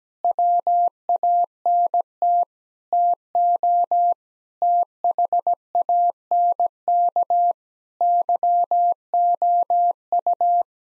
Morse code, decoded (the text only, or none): WANT TO THANK YOU